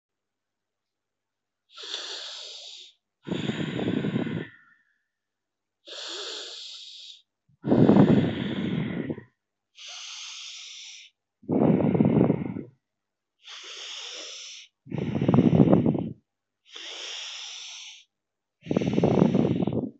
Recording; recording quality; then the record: deep breathing; excellent, no background noise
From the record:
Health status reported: healthy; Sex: male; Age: 34 years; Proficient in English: yes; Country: India